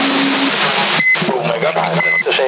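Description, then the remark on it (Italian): A tinny, band-limited CB radio transmission with a voice smeared by a repeating echo effect, turned up with the radio's echo slider, broken by two short high beeps about a second apart over steady static. “Questo qua, se tu aumenti il cursore, si sente anche l'eco, non c'ha”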